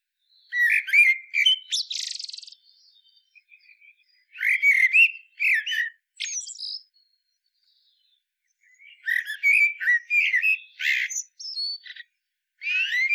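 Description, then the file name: Common blackbird song in three bouts of rich warbling mixed with high, scratchy twitters, separated by quieter gaps. "Turdus merula"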